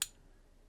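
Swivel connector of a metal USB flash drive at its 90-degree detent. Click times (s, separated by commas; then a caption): 0.0 s. The swivel connector of a fanxiang 512GB metal-cased USB-C/USB-A dual flash drive is rotated to its 90-degree position. A single sharp, bright tick at 0.0 s (0.02 s) is followed by near silence. The connector clicks into the 90-degree detent and seats.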